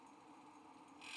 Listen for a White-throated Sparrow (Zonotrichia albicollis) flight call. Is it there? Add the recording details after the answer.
no. No flight call is heard. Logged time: 10:12 on 5 December 2014